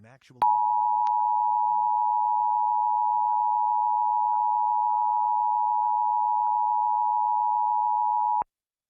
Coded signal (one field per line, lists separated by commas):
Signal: Emergency Alert System (SAME) tones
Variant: 853 and 960 Hz attention tone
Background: speech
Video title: Pennsylvania Required Monthly Test (EAS #757-762) 8/17/23